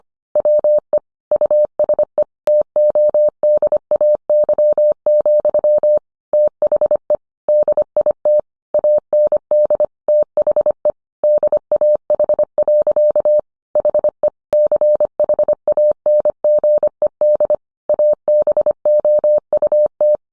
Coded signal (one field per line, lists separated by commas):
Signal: Morse code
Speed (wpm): 25 wpm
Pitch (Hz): 600 Hz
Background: none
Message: WE USE TODAY, THE DIT AND THE DAH. HE CHANGED ABOUT